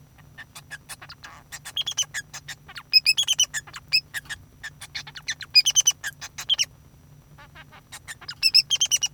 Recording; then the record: song of a male Bengalese finch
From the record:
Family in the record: son of father 2